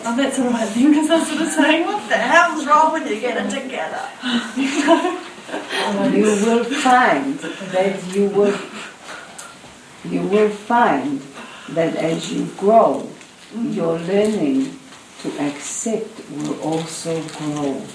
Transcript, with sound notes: That all right then because I was sort of saying - what the hell's wrong with you get it together! (Laughs) You will find that you will, you will find that as you grow, your learning to accept will also grow.